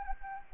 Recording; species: mosquito wingbeat signal from an infrared sensor; Anopheles gambiae